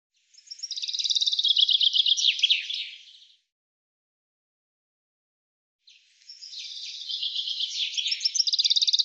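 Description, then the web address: Bird delivering two high, rattling trilled phrases about three seconds long, separated by a silent gap of roughly two and a half seconds. "cianscape birddata Deverinetal 2025 Bird"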